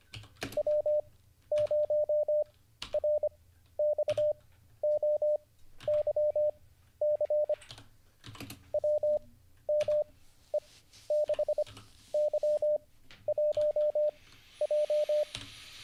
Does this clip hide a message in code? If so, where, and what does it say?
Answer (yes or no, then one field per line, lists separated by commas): yes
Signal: Morse code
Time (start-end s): 0.6-15.2 s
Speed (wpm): 25 wpm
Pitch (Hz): 600 Hz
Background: none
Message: W0RXOYC WME6Y1J